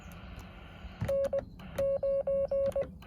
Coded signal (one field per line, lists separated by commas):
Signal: Morse code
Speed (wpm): 19 wpm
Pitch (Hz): 550 Hz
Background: none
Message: N 9